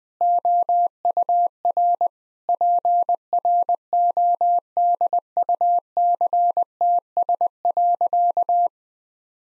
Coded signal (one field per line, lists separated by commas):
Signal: Morse code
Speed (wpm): 20 wpm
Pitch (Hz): 700 Hz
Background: none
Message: OUR PRODUCTS.